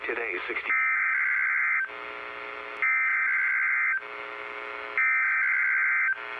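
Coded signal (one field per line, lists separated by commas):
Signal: Emergency Alert System (SAME) tones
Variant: header bursts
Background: speech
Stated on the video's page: Required weekly test from a NOAA weather radio transmitter in Missoula.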